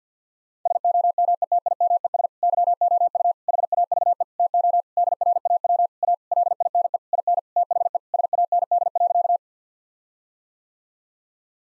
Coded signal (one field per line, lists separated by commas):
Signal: Morse code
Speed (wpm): 50 wpm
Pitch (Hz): 700 Hz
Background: none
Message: SOMETIMES YOU HAVE TO DRAW A LINE IN THE SAND.